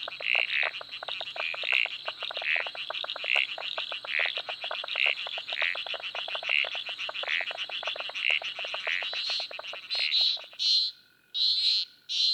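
Frogs calling in a dense chorus of rapid, high-pitched pulsed notes, with louder separate calls near the end.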